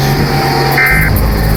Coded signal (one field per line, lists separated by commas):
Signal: Emergency Alert System (SAME) tones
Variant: end-of-message bursts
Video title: War of the worlds in Oklahoma 2005￼ eas scenario ￼Halloween special